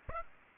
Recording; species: mosquito wingbeat signal from an infrared sensor; Aedes aegypti